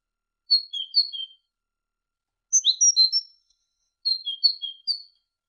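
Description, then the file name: Great tit singing three quick bursts of sharp high notes, each phrase seesawing between two pitches, separated by short pauses. Indonesian masteran recording: great tit song used to tutor songbirds, uploaded November 2014. "suara masteran great tit"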